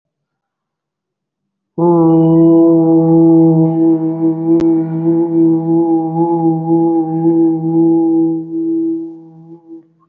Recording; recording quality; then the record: sustained vowel as in boot; excellent, no background noise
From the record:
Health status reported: COVID-19 positive, mild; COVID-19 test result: positive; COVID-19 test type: rapid antigen test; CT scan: not taken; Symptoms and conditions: fever, fatigue, muscle pain, asthma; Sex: male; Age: 30 years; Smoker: no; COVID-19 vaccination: both doses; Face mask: worn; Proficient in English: no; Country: India